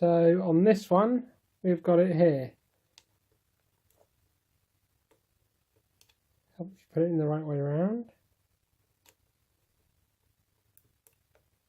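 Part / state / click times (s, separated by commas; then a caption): Raspberry Pi part into its mount inside a converted game console case / seated / 10.8 s, 11.1 s. A Raspberry Pi part is lined up the right way around and pushed into its mount inside a converted Original Xbox console case. Someone talks at first, then after a quiet stretch with faint ticks, sharp clicks at 10.8 and 11.1 seconds show the part has seated.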